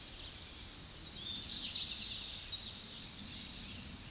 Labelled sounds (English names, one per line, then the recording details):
Common Yellowthroat song
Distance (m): 40 m
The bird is about 5 m above the microphone
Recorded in a Pennsylvania forest on 16 May 2024 at 07:20
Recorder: AudioMoth, point MSD-0661
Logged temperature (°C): 15.8 °C
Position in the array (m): 36 m, 145 m